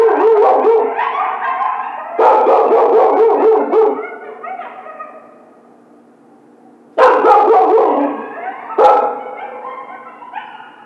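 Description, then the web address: Coyote chorus of rapid yips and quavering howls in loud bursts, a quiet lull in the middle, then another sharp outburst of yelping. Howling; recorded 1 February 2010. "Coyote 2010 02 01 howl"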